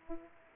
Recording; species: mosquito wingbeat signal from an infrared sensor; Aedes aegypti